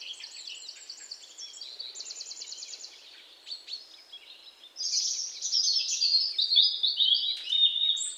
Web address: SETE data Erithacus rubecula